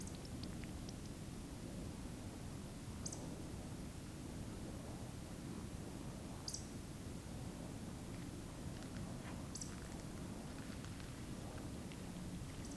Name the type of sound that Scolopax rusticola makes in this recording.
whistle